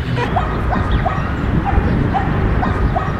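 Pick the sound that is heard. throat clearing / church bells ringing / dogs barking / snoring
dogs barking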